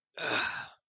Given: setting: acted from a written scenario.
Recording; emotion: vocal sound without words; embarrassment